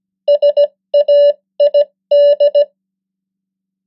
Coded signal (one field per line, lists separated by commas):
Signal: Morse code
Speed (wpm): 17 wpm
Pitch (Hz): 580 Hz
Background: none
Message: SAID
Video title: 100 most common English words in Morse Code @15wpm